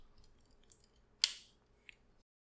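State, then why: Seated. While a plastic Transformers Masterpiece MP-44 Convoy 3.0 (Optimus Prime) figure is being transformed, its roof pieces are brought down so their tabs go into the body. After a few faint plastic ticks, a sharp, bright click rings out at 1.2 s as the roof tabs click into place and seat, followed by a softer tick near 1.9 s.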